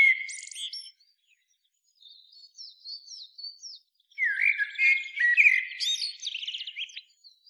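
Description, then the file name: Common blackbird song, a brief fluty note, then quiet high chirps and a longer, richer warbled phrase that ends in scratchy twittering. "Turdus merula"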